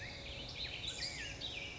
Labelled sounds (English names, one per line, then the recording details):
Black-headed Grosbeak
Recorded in Sonoma County, California